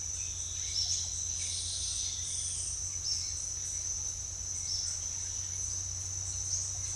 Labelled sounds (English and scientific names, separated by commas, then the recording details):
none
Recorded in secondary vegetation near Puerto Asís, Putumayo, Colombia, on 29 June 2025 at 08:00
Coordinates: 0.498, -76.327
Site GP09